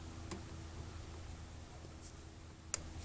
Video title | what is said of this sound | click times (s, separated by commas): 2010 CHRYSLER TOWN & COUNTRY - HOW TO REPLACE SPARK PLUGS & SPARK PLUG WIRES - COMPLETE DIY | over here same thing just press it on until you feel it click | 2.7 s